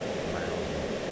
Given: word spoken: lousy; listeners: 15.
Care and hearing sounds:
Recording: one English word in noise, from a listening test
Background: speech-shaped noise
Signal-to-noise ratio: -6.8 dB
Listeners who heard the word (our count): 0 of 15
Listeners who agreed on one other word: 8 of 15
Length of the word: 0.71 s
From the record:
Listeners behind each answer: 8, 2, 1, 1, 1, 1, 1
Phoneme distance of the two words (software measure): 30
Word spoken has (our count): 2 syllables, 4 phonemes, stress on syllable 1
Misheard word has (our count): 1 syllable, 4 phonemes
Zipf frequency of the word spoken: 3.35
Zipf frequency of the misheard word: 3.43

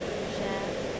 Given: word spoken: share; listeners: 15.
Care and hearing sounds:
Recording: one English word in noise, from a listening test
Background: speech-shaped noise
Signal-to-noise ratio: -6.9 dB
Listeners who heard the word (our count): 4 of 15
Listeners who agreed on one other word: 9 of 15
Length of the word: 0.60 s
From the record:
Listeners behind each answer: 9, 4, 1, 1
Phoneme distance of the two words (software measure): 10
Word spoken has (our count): 1 syllable, 2 phonemes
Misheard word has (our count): 1 syllable, 2 phonemes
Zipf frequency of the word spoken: 4.92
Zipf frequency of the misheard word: 4.66

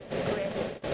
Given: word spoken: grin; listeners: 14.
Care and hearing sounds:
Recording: one English word in noise, from a listening test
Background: noise modulated by three-talker babble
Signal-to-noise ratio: -5.4 dB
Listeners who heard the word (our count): 0 of 14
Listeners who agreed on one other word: 7 of 14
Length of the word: 0.54 s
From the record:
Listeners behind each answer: 7, 1, 1, 1, 1, 1, 1, 1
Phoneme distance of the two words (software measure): 10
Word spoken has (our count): 1 syllable, 4 phonemes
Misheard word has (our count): 1 syllable, 4 phonemes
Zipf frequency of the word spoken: 3.55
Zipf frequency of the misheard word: 4.14

